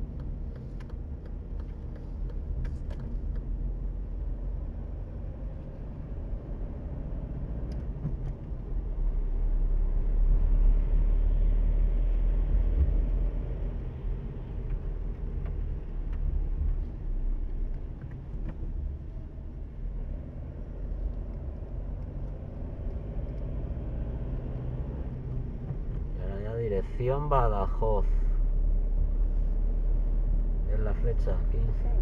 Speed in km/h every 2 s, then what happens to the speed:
22, 22, 22, 21, 22, 25, 31, 28, 33, 36, 29, 24, 21, 27, 34, 31.
0-7 steady at about 22. 7-17 speeds up to 36. 17-23 slows to 21. 25-27 speeds up to 34.